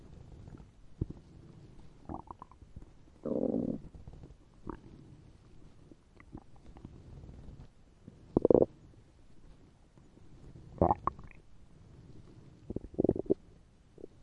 Empty tummy again.